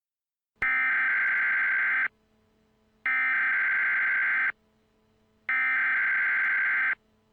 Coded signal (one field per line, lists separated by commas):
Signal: Emergency Alert System (SAME) tones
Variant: header bursts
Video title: Colorado EAS Alert! (Fake!)